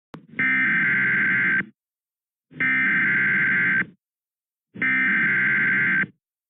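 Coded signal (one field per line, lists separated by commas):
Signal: Emergency Alert System (SAME) tones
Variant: header bursts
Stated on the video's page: Real Tornado Warning EAS alert issued shortly before a damaging tornado struck St. Louis.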